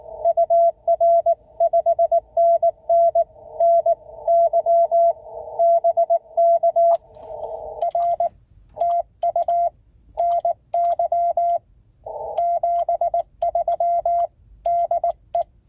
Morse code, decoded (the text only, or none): UR 5NN NY BK R TU NY 73 DE